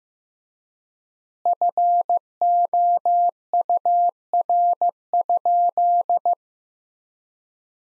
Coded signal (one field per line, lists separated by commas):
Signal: Morse code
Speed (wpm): 15 wpm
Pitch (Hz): 700 Hz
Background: none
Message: FOUR?